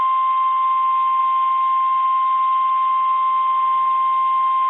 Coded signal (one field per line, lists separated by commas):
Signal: Emergency Alert System (SAME) tones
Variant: 1050 Hz attention tone